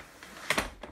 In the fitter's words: let the headrest click into place and